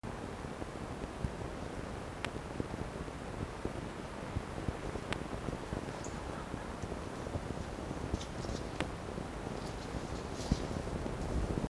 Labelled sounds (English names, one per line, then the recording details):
Red Fox
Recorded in captivity
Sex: male
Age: juvenile
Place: Zoologisches Institut der HUB, Berlin, DE
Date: 1954-04-21
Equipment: Elmetra
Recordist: Tembrock, Günter
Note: Welpen: rhythmisches Quärren